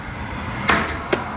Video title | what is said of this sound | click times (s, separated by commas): Trans cooler upgrade for my GX470 - Hayden 678 & Custom bracket | You hear that click? | 0.7 s